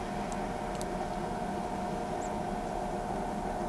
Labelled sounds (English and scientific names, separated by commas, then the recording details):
none
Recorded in pastures near Pivijay, Magdalena, Colombia, on 16 April 2023 at 11:30
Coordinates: 10.456, -74.369
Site P6-G026